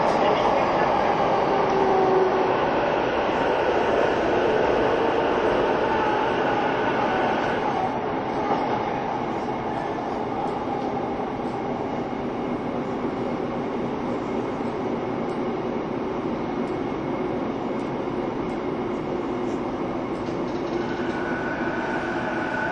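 A train runs steadily along the line, a constant low rumble with a busy rattling texture throughout. Tonal whines from the motors rise and shift in pitch during the first eight seconds, then settle into a steadier hum, with a brief brighter tone near twenty-one seconds.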